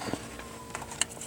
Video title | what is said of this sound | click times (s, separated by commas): 2008 Honda Odyssey Replace O2 A/F Sensor Change Repair Codes P0154 P2254 w/ ATK Part Number | a little click on there, so you should have that on the bracket. | 1.0 s